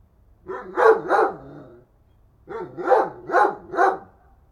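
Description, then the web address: Dog barking, two quick barks, a pause, then three more in a steady run. "Effects 02-Birds, Insects Animals. Animals dogs"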